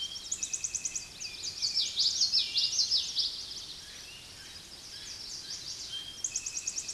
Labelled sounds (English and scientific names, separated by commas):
Common Yellowthroat (Geothlypis trichas) song